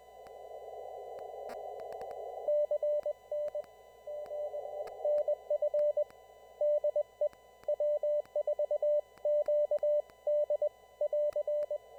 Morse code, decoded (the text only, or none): CN G NF DE W4QD <AR>